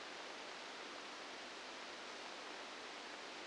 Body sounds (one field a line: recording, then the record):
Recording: brain microelectrode recording played as sound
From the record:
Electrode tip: outside the subthalamic nucleus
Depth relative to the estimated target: -8 mm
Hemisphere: right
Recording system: NeuroSet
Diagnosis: Parkinson's disease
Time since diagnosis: 9 years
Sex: female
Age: 51 years